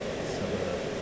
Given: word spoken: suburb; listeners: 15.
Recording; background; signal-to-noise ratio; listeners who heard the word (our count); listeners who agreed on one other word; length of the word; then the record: one English word in noise, from a listening test; speech-shaped noise; -4.9 dB; 4 of 15; 6 of 15; 0.62 s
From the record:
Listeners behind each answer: 6, 4, 2, 1, 1, 1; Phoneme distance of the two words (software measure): 27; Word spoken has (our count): 2 syllables, 5 phonemes, stress on syllable 1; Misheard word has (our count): 2 syllables, 4 phonemes, stress on syllable 1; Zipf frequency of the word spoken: 3.61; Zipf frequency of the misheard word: 5.00